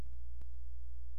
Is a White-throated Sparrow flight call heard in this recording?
no